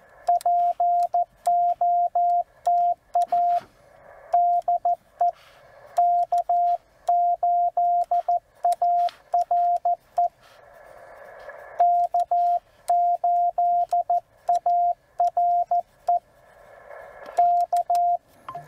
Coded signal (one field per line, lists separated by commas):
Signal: Morse code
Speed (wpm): 14 wpm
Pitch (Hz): 700 Hz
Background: radio noise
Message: POTA DE K8ARE K8ARE K